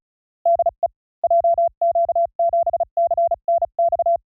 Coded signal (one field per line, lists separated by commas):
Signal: Morse code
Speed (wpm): 36 wpm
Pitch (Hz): 690 Hz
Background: none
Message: DE JQ7CNX